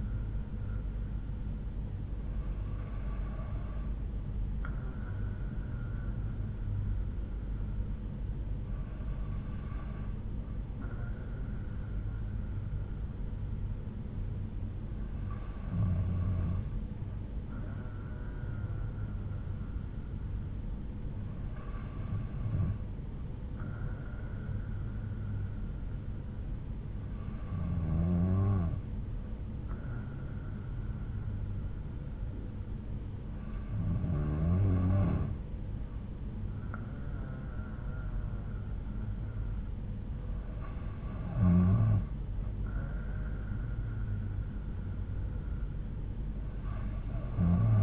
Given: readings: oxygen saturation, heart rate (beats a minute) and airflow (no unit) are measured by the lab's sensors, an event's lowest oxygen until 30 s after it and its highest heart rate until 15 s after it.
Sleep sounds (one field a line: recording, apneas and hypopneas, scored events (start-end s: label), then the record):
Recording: breathing in sleep by a smartphone at the bedside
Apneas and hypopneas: none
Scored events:
none scored
From the record:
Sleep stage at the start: N2 (light sleep)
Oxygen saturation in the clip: 92 to 93%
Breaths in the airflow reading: 7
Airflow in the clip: -4.5 to 3.2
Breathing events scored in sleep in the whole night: 368 in 8.0 hours asleep